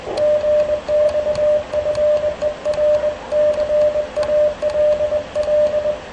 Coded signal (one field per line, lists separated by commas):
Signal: Morse code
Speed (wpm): 21 wpm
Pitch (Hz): 600 Hz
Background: radio noise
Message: GX FER CALL